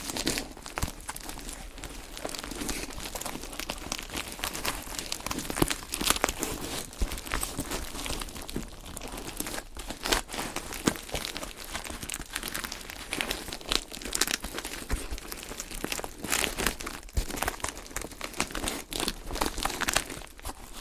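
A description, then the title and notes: Dense, continuous crinkling fills the whole 21 seconds, mixed with quick tapping that forms a constant stream of sharp, bright clicks. The texture stays busy and irregular throughout, with slightly louder crackles popping out every few seconds and no pauses. ASMR Pink Triggers For Sleep - tapping, crinkling & more!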